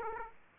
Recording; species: mosquito wingbeat signal from an infrared sensor; Aedes aegypti